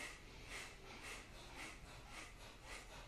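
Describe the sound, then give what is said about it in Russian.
Forceful nasal exhalations in kapalabhati breathing, two rounds of double kapalabhati: a steady train of sharp, hissing puffs about twice a second, fairly loud and even, with no talking over them. “Так, два раза двойной капалабхати, поехали.”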